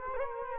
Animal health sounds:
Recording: mosquito wingbeat signal from an infrared sensor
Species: Culex quinquefasciatus

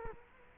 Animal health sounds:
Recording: mosquito wingbeat signal from an infrared sensor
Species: Culex quinquefasciatus

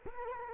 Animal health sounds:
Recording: mosquito wingbeat signal from an infrared sensor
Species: Culex quinquefasciatus

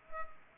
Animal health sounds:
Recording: mosquito wingbeat signal from an infrared sensor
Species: Culex pipiens

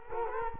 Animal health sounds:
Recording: mosquito wingbeat signal from an infrared sensor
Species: Culex quinquefasciatus

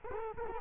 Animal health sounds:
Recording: mosquito wingbeat signal from an infrared sensor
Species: Culex quinquefasciatus

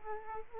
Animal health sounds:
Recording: mosquito wingbeat signal from an infrared sensor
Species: Aedes aegypti

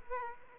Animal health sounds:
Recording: mosquito wingbeat signal from an infrared sensor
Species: Aedes aegypti

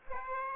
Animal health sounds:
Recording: mosquito wingbeat signal from an infrared sensor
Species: Aedes aegypti

